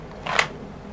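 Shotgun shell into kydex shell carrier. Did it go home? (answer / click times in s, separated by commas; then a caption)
yes / 0.3 s, 0.4 s. A shotgun shell is pushed back into its molded kydex shell-carrier rig until the ridges slide into place. A soft scrape starts at 0.3 s and ends in a sharp click at 0.4 s, as the shell snaps in and pulls in tight. The shell is seated.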